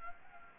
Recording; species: mosquito wingbeat signal from an infrared sensor; Anopheles gambiae